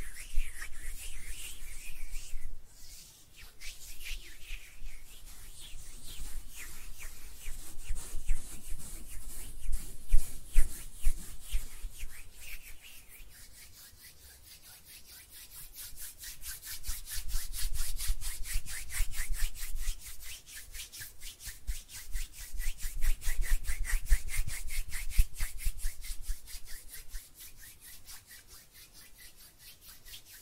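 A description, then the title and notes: Hands rub together in a steady, dense rustle, mostly bright and hissy with a soft low rumble beneath. The rubbing swells and fades in waves, louder around 10 seconds and again near 17 to 27 seconds, with a brief sharp pause near 3 seconds. ASMR Relaxing Hand Sounds (No Talking).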